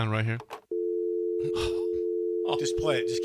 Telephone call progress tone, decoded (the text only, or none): dial tone